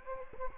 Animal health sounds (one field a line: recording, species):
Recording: mosquito wingbeat signal from an infrared sensor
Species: Anopheles gambiae